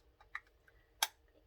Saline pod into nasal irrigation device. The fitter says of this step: until it clicks you want to make sure it clicks because it's really got to put a lot of pressure